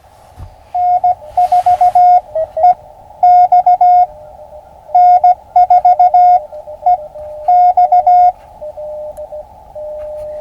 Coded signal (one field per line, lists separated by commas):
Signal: Morse code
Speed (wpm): 16 wpm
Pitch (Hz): 720 Hz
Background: radio noise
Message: N4EX N4EX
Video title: QRP POTA on the Rio Grande. SSB and CW (Morse Code) gets it done on Ham Radio!